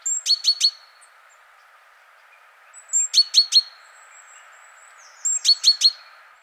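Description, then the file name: Great tit calls: three short bursts of three or four sharp, high notes, the bursts about two and a half seconds apart, with quiet background. "Parus major"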